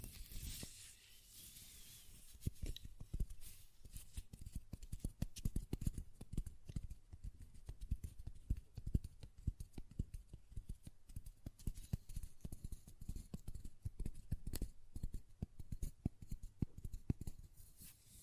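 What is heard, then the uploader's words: Light tapping and clicking on a glass perfume bottle and its lid. Quick, irregular taps come densely throughout, some brighter and sharper, with a soft rubbing or brushing wash in the first couple of seconds. ASMR Glass Perfume Bottle Tapping & Lid Sounds (No Talking).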